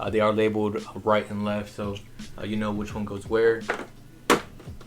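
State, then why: Seated. Plastic front prong pieces are pressed into the body of a toy Batwing vehicle while someone talks. A single sharp snap at 4.3 s marks the prong seating in place.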